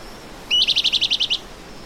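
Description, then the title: Bran-colored Flycatcher calling with a short introductory note then a quick run of roughly eight high, evenly spaced chippy notes, clear against a faint hiss. Subspecies auriceps. "LuckyPassaro Completos2Sama. Bran-colored Flycatcher (Myiophobus fasciatus auriceps)"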